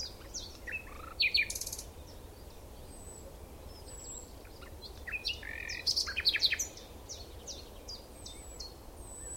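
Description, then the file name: Common nightingale giving bursts of sharp chattering notes and short whistles, with thin high whistles in between and a steady background hiss. "Luscinia megarhynchos"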